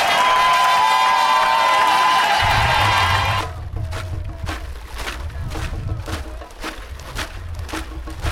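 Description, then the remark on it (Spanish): A loud crowd at a march in defense of water roars with a shrill whistle, then gives way to marchers drumming on water jugs with stones, a steady march-like beat of sharp hollow knocks over crowd noise. “Y ahí suena esto que tiene un ritmo que, bueno, puede sonar a una caminata de ritmo, sí, militar, pero son los bidones al ritmo de la marcha que se iba. Bidones con piedras”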